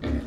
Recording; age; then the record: pig call; growing-finishing pig (85 days or more)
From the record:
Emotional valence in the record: negative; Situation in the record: barren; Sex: male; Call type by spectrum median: low-frequency call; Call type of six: low-frequency stable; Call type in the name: low-frequency stable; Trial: 2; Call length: 0.27 s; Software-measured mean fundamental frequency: 58 Hz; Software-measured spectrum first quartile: 93 Hz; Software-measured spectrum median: 232 Hz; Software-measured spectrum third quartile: 446 Hz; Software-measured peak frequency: 257 Hz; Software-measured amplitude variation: 134 dB a second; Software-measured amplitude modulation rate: 16.5 a second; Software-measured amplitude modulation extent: 8.1 dB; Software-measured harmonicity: -0.3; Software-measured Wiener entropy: -0.43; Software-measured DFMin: 659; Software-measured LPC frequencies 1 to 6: 320, 1819, 3480, 6642, 7519, 8714 Hz